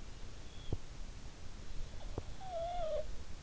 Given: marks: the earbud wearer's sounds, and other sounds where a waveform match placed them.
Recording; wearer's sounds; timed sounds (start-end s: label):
sounds in sleep by an in-ear microphone; snoring breath
2.36-3.33 s: snoring breath